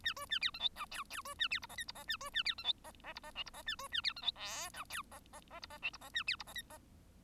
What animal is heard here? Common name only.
Bengalese Finch